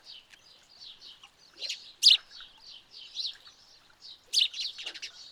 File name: Passer domesticus